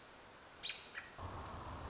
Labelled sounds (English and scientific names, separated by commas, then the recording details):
American Robin (Turdus migratorius)
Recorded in Sonoma County, California